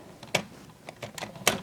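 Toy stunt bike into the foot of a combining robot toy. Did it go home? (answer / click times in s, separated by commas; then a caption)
yes / 0.4 s, 1.5 s. A second plastic toy stunt bike is pressed onto the other foot of a combining robot toy after a fumbled first try. Sharp plastic clicks land at 0.4 s and 1.5 s, with softer taps and rattles between them. The bike clicks into place at the back and is seated.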